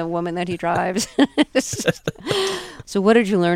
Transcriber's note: soundbite of laughter